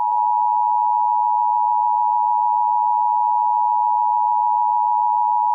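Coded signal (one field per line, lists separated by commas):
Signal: Emergency Alert System (SAME) tones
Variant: 853 and 960 Hz attention tone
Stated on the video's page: Fictional EAS scenario.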